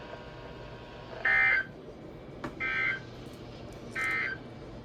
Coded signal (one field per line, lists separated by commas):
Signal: Emergency Alert System (SAME) tones